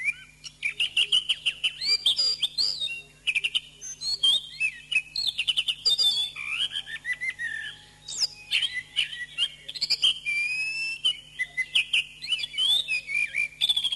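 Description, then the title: Thrush pouring out a long varied song: rapid chirps, quick trills and sweet whistled slurs in a near-continuous stream, with a low steady hum behind. "Suara Burung Anis"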